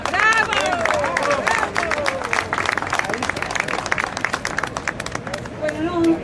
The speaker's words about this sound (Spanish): Bueno, un aplauso grande para Vilma Ripoll.